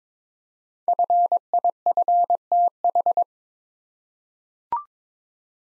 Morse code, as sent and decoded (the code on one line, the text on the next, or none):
..-. .. ..-. - ....
FIFTH